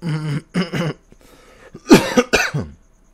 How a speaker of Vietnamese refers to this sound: Hôm nay mình hơi ho một chút nhưng các bạn thông cảm nha.